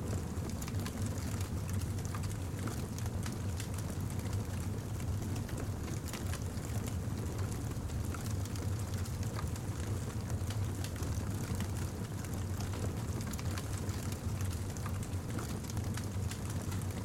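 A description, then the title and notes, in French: A fire crackles steadily, with dense, irregular snaps and pops scattered throughout. Beneath them a continuous low roar holds constant for the whole stretch, without pauses or build-ups. Crépitement du feu.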